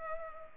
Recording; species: mosquito wingbeat signal from an infrared sensor; Culex pipiens